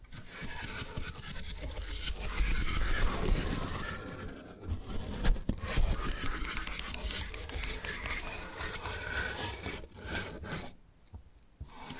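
Bamboo is scratched and brushed in a steady, dense rasping, with brief pauses near five and eleven seconds and one sharp tap.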